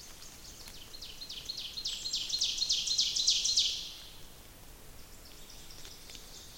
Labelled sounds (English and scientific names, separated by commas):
Ovenbird (Seiurus aurocapilla) song